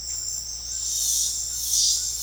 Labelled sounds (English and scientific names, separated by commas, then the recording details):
none
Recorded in pastures near Puerto Asís, Putumayo, Colombia, on 4 March 2025 at 18:00
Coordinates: 0.502, -76.324
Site GP07